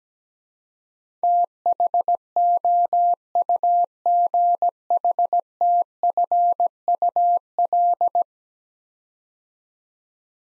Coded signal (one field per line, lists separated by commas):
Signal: Morse code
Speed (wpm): 17 wpm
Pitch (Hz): 700 Hz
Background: none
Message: THOUGHTFUL